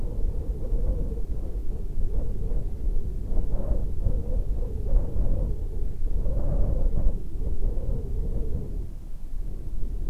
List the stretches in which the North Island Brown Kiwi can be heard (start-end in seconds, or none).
none